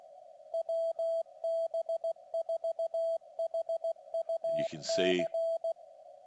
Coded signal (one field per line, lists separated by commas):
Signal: Morse code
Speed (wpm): 16 wpm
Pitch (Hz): 660 Hz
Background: speech, radio noise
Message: WB4HUC